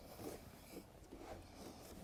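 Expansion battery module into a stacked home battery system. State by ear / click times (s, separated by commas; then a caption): not seated / none. A fourth expansion battery module is being handled and lowered onto a stacked EcoFlow Delta Pro Ultra modular home battery system, with soft scraping and low rumbling handling noise and faint bumps near 0.3, 0.8 and 1.3 seconds. Nothing has seated or clicked into place yet.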